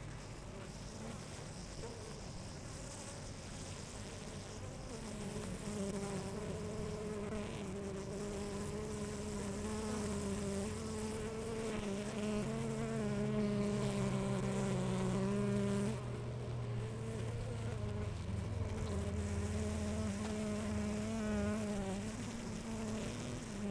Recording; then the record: honeybee colony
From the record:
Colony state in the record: active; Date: 28 July 2017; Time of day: 11:45